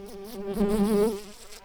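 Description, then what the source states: Common carder bee buzzing, a steady low hum that swells in the middle and fades toward the end. Workers.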